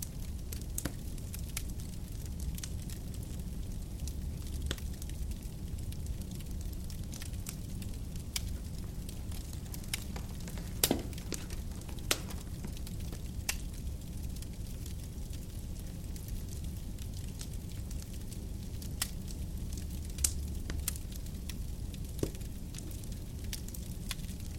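A fire burns steadily, with a low, dense rumble of flames underneath. Sharp crackles and pops break through irregularly, several per second at times, with a few louder snaps around the eleventh and twentieth seconds.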